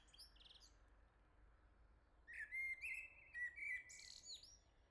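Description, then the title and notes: Common blackbird: brief faint high twitter, then a clear mellow warbled phrase finishing in a thin, squeaky flourish. Singing nearby on a morning at the start of summer, La Jarrie, France; recorded with SDMixPre6II, MS MKH40/30 microphones in Cinela PIA2, 96kHz/32-bit. "Le Merle salue l'été, La Jarrie, France. Quel Sol!!!! pour saluer l'arrivée de l'été ce matin! Merci Jolie Merle de tes vocalises à proximité!"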